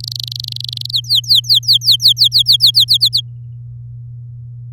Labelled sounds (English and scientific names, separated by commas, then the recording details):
Domestic Canary (Serinus canaria) song
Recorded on 10 May 2018 at 06:26
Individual llb16